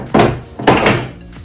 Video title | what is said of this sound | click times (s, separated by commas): Maxi-Cosi Capsule Review | you hear that it's clipped in if this was secured into the car we would not um | 0.7 s